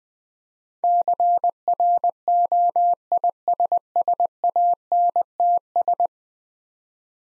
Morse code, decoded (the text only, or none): CROISSANTS